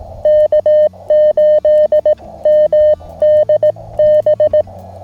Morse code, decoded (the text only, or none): K8MDB